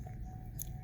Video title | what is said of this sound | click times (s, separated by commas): Leatherman Wave +, Curl and Charge TTI comparison | it'll come unlocked. | 0.6 s